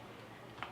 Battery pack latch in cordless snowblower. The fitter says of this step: gray thing here that locks it in place you just pull this up and